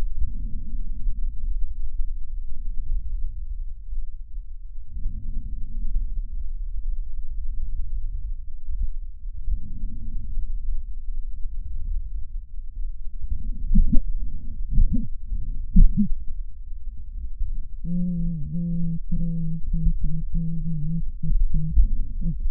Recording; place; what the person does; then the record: lung sounds by stethoscope; left posterior apical chest; quiet breathing, then cough and speech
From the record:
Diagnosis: interstitial lung disease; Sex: female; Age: 72 years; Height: 158 cm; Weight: 69 kg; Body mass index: 27.6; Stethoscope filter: bell mode